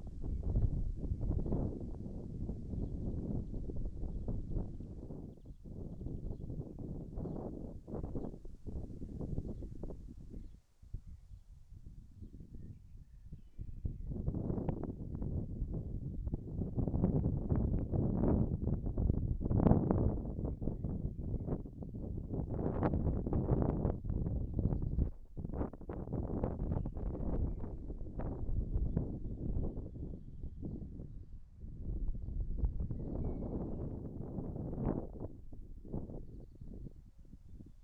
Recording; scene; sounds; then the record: everyday scene through a hearing-aid microphone; wind on the microphone; wind, birds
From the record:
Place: in front of a rural house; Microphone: behind the ear, right, front